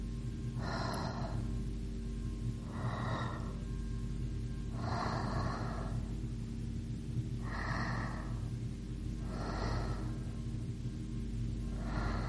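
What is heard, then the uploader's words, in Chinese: A girl breathes slowly in her sleep, each soft breath rising and falling about every two seconds. The breaths are airy, over a steady low hum and faint background drone that runs throughout. 女孩子睡着的呼吸声加长版。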